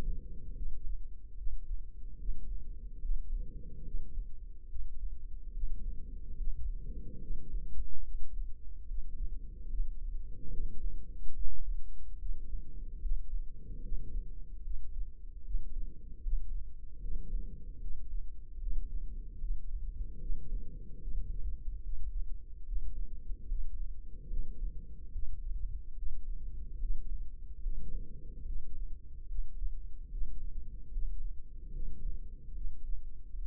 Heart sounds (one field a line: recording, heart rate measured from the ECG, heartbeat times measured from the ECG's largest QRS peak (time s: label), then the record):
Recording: heart sounds by microphone in the left ear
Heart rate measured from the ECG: 73 bpm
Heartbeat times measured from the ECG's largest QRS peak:
0.54 s: heartbeat
1.35 s: heartbeat
2.17 s: heartbeat
2.99 s: heartbeat
3.82 s: heartbeat
4.67 s: heartbeat
5.51 s: heartbeat
6.35 s: heartbeat
7.19 s: heartbeat
8.02 s: heartbeat
8.85 s: heartbeat
9.68 s: heartbeat
10.49 s: heartbeat
11.33 s: heartbeat
12.17 s: heartbeat
12.99 s: heartbeat
13.80 s: heartbeat
14.62 s: heartbeat
15.42 s: heartbeat
16.21 s: heartbeat
16.99 s: heartbeat
17.79 s: heartbeat
18.58 s: heartbeat
19.38 s: heartbeat
20.18 s: heartbeat
20.99 s: heartbeat
21.80 s: heartbeat
22.63 s: heartbeat
23.46 s: heartbeat
24.27 s: heartbeat
25.10 s: heartbeat
25.94 s: heartbeat
26.78 s: heartbeat
27.60 s: heartbeat
28.43 s: heartbeat
29.26 s: heartbeat
30.09 s: heartbeat
30.90 s: heartbeat
31.71 s: heartbeat
32.52 s: heartbeat
33.33 s: heartbeat
From the record:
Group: healthy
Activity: rest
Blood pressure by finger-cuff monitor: 102/72 mmHg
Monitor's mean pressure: 83 mmHg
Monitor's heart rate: 73 bpm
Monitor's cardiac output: 5.6 L/min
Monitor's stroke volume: 76 mL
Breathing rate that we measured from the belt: 17 breaths a minute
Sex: female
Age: 32 years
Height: 172 cm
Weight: 71.7 kg